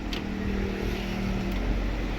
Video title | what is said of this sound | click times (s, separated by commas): Hp printer smart tank 790 printer worst customer service | இது பாருங்க lock பண்ணி கரெக்ட்டா இந்த பென்சார் வந்து இதுல படிஞ்சனும். | 0.1 s